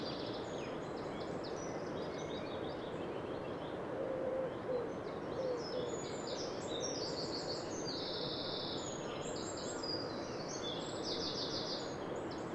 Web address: SETE Troglodytes troglodytes